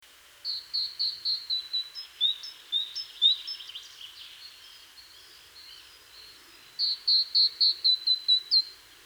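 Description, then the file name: Great tit calls: a quick run of clear high notes, a softer, more varied stretch, then another fast bright series. "Parus major"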